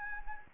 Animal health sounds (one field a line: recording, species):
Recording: mosquito wingbeat signal from an infrared sensor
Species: Anopheles gambiae